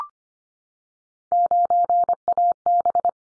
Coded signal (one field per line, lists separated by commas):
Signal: Morse code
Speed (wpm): 25 wpm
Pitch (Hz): 700 Hz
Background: none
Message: 9AB